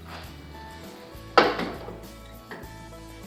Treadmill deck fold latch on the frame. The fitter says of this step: you can hear it lock into place and then it will just rest it you